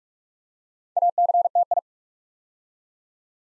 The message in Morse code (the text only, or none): ACTI